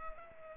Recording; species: mosquito wingbeat signal from an infrared sensor; Culex pipiens